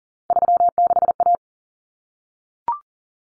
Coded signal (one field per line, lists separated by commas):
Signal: Morse code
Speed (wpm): 40 wpm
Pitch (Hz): 700 Hz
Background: none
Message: 36A